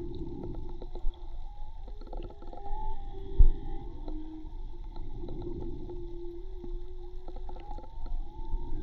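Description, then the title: Whale song of overlapping moans, a few rising and some falling, with scattered clicks above steady low hydrophone rumble. Recorded with a hydrophone from a boat at Tribugá; hydrophone listening presented as sustainable tourism avoiding disturbance by motorboats. "CANTO DE BALLENAS HIDROFONO MAGMA TRIBUGA J BARCO"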